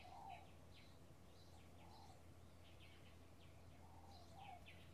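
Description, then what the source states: Birds chirping and trilling at high pitch, soft low cooing notes at the start, middle and end, constant low hum behind. Bird ambience in a field in the early morning with a slight breeze.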